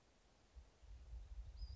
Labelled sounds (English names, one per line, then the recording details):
Western Flycatcher
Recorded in Sonoma County, California